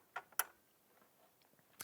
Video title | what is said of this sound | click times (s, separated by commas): Connecter votre TV Box au modem via un adaptateur CPL | le petit clic. | 0.4 s